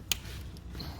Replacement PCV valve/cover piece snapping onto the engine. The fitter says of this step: clicks all the way around